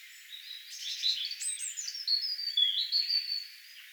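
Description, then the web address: European robin in full song: a fast run of varied high whistles and trills, with thinner sustained notes near the end. Song given in a particular manner, recorded 6 May 2025. "6 5 2025 tuolla tavoin laulava punarinta"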